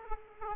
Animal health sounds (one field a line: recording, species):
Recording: mosquito wingbeat signal from an infrared sensor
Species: Aedes aegypti